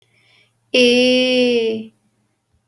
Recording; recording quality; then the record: sustained vowel as in made; excellent, no background noise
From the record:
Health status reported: healthy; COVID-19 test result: negative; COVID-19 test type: RT-PCR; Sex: female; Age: 21 years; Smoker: no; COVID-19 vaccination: one dose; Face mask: not worn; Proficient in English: yes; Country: India